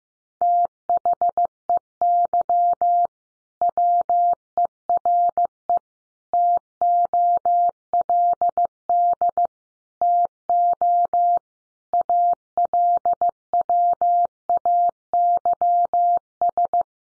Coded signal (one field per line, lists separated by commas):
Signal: Morse code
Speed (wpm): 15 wpm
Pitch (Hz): 700 Hz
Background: none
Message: THEY WERE TOLD TO ALWAYS